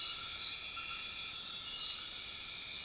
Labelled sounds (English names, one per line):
none